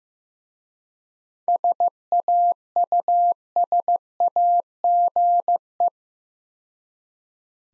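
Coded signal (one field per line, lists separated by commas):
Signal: Morse code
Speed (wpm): 15 wpm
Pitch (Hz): 700 Hz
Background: none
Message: SAUSAGE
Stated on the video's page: Morse practice set at 15 wpm of difficult words with contextual hints.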